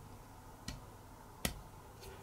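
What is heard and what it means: The plastic ankle joint of a Transformers One Studio Series Megatron transforming robot figure is straightened by hand, with a faint tick at 0.7 s. A sharp, louder click follows at 1.5 s as the ankle locks into place.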